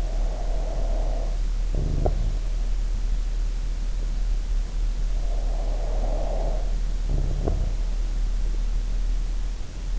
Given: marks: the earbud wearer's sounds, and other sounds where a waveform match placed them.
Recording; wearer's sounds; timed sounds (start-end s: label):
sounds in sleep by an in-ear microphone; snoring breath
0.00-2.91 s: snoring breath
5.05-8.22 s: snoring breath